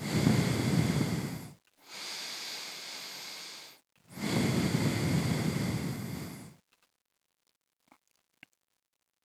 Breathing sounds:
nose breathing near a microphone
0.00-1.67 s: exhalation
1.67-3.92 s: inhalation
3.92-6.72 s: exhalation
From the record:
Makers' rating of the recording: medium

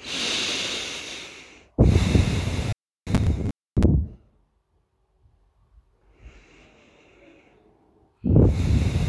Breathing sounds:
nose breathing near a microphone
0.00-1.65 s: inhalation
1.65-3.95 s: exhalation
5.88-7.69 s: inhalation
8.01-9.09 s: exhalation
From the record:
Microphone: phone

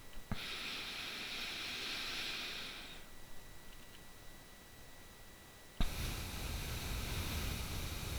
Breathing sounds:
nose breathing near a microphone
0.03-3.70 s: inhalation
3.70-3.84 s: exhalation
5.79-8.19 s: exhalation
From the record:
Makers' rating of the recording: bad

